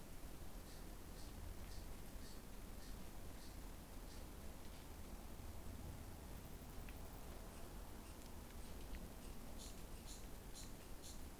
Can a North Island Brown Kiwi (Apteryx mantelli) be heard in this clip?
no